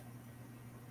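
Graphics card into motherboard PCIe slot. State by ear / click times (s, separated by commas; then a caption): not seated / none. A graphics card is being handled and pressed toward a motherboard PCIe slot, against a steady low hum with broadband background noise and no distinct impacts. Nothing has seated or clicked yet; the retention latch has not snapped.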